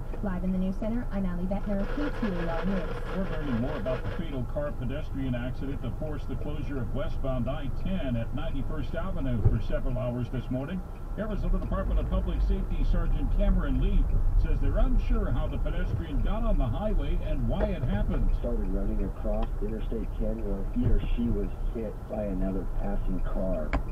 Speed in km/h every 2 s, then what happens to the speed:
0, 0, 0, 0, 0, 3, 5, 6, 6, 3, 2, 0.
0-9 standing. 12-19 steady at about 5. 19-24 standing.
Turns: none.